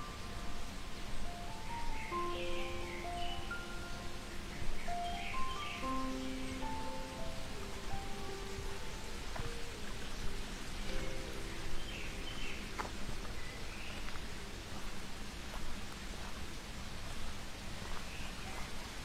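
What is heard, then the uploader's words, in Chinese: Steady, dense rushing of mountain water fills a pine trail, with short bird calls at intervals and faint sustained tones during the first half. 山中的松树步道，鸟风谷水声。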